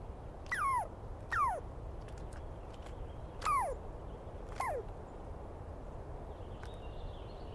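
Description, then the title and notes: Douglas squirrel with four separate whistled notes that drop steeply in pitch, spaced unevenly, followed by a few quiet seconds of faint background hiss. Screaming Douglas Pine Squirrel, one animal, recorded at dawn on 21 April 2017 in the East Cascades, calling for a long while; recordist not fully certain of identification. "On the morning of 21 April, 2017, I set up my microphones and recorder for a nice dawn recording in the East Cascades. I was started awake by a screaming Douglas Pine Squirrel"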